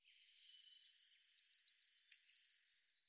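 Eurasian blue tit calling, a sharp high drawn-out note leading into a rapid, evenly spaced trill of roughly eleven bright notes, with nothing else audible.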